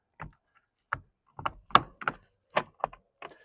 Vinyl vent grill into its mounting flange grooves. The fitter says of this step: into those grooves and snaps into place.